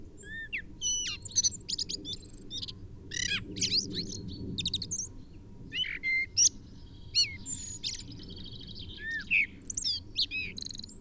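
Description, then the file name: Common blackbird calls: busy high twitters and short looping whistles, clustered in bursts with brief pauses, above a faint low rumble. "Turdus merula"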